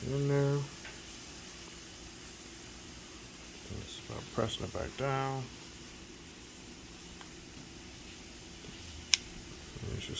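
Someone talks while pressing a small internal part, possibly a connector or clip, back down into the body of a Samsung Gear Fit 2 fitness smartwatch during a repair. A single sharp, loud click is heard at 9.1 s as the part snaps back down and seats.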